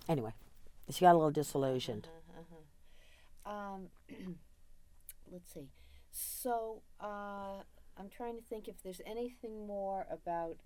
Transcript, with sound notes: Anyway, she got a little disillusioned.
Uh-huh. (clears throat) Let's see. So I'm trying to think if there's anything more about